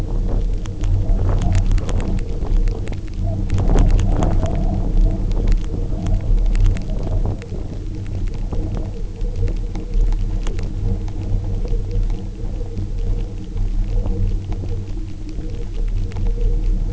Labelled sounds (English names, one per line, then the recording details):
none
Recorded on Arctic tundra, site UTQI-0, on 27 June 2018
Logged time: 04:00